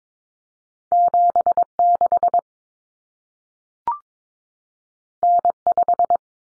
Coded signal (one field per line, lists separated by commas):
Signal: Morse code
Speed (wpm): 22 wpm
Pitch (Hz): 700 Hz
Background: none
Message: 76 N5